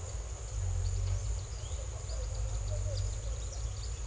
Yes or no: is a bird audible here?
yes